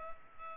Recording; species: mosquito wingbeat signal from an infrared sensor; Culex pipiens